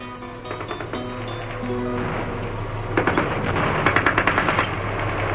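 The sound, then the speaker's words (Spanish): Rattling bursts of rapid gunfire, the first shots of an attack, crackle over a low, steady rumble, with a louder grenade explosion about halfway through followed by another dense volley of sharp shots. “Los primeros disparos y la explosión de las primeras granadas”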